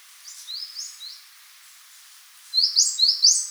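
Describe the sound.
Eurasian Blue Tit calls: a few soft, high chirps, a pause, then a louder run of sharp, thin notes in quick succession.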